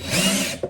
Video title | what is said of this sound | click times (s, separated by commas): Milwaukee drill set Unboxing and Review | See, no click. | none